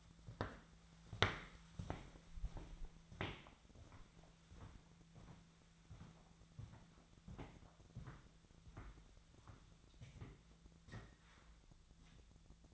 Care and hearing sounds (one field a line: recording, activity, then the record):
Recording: daily activity, microphone in the room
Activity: walk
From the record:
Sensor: 3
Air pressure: 1008.2 hPa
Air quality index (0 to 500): 191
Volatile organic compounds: 14 ppm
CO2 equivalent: 2455 ppm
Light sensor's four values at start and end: 15/36/15/16 and 15/36/15/15